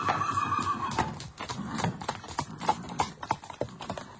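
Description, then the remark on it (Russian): A horse lets out a wavering whinny, followed by a steady series of sharp hoof clip-clops on a hard surface, growing more distinct toward the end, as horses harnessed to a tarantas carriage are whipped into motion and driven off. “Затем он сел в тарантас и со странным выражением, точно боясь погони, ударил по лошадям.”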